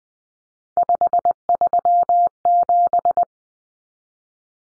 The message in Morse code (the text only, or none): 537